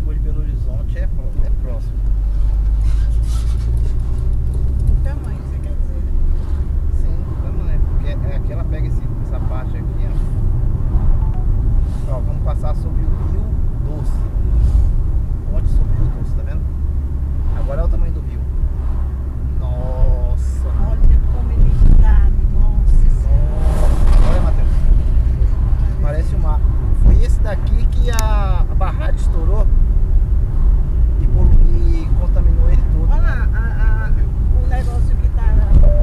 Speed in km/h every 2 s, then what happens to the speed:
29, 37, 43, 48, 50, 48, 45, 45, 41, 40, 37, 39, 41, 43, 45, 47, 47, 45.
0-7 speeds up to 50. 7-20 slows to 37. 20-30 speeds up to 47. 30-36 steady at about 47.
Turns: none.